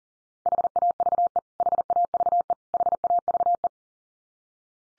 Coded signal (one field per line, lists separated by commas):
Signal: Morse code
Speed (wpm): 40 wpm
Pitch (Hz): 700 Hz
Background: none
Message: HAVE HAVE HAVE